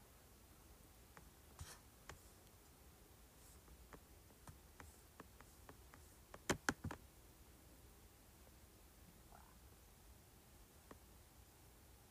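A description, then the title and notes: Scattered keyboard clicks and light taps, with a brief cluster of louder, sharper clicks around six and a half seconds. Clicking, Scrolling, and Typing on Keyboard.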